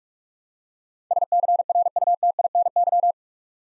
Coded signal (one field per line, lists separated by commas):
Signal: Morse code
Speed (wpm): 44 wpm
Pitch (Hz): 700 Hz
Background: none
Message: SCRUTINY